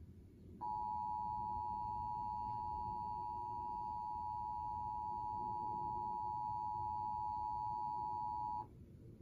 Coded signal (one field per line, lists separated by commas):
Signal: Emergency Alert System (SAME) tones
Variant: 853 and 960 Hz attention tone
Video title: EAS #1174-1176 Severe Thunderstorm Warning on TV 6-28-21